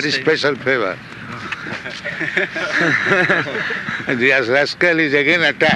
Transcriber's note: laughter